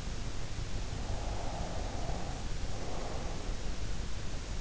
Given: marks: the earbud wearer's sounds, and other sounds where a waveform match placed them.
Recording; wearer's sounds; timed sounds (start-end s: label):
sounds in sleep by an in-ear microphone; breath
1.16-3.86 s: breath